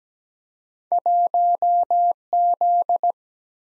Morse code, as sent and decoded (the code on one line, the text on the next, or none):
.---- / --..
1 Z